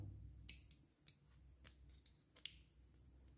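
A spring-loaded metal part is pushed into its place in a motorcycle engine, with a sharp metallic click at 0.5 s followed by several fainter ticks and a second clear click near 2.5 s. The part has almost seated properly, but its springs still need to be set.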